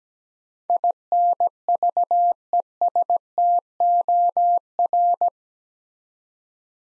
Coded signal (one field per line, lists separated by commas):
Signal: Morse code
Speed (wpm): 17 wpm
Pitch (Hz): 700 Hz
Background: none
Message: INVESTOR